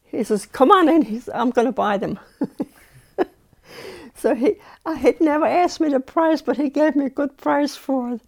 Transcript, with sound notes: He says, "Come on in." He says, "I'm going to buy them." (she laughs) So he, I had never asked for a price, but he gave me good price for it.